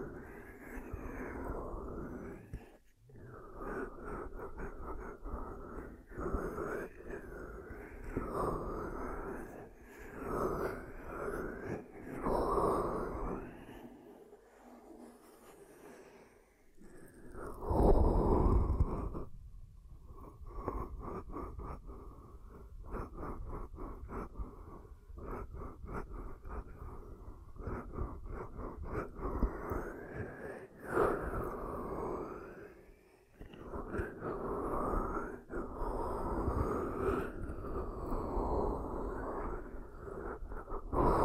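Hands cup and rub over the ears in a steady run of muffled, hollow rustling, with quick tapping pulses between sweeps. A short quiet gap comes around 15 seconds, followed by a louder whooshing press near 18 seconds, then the rhythmic cupping resumes through the end.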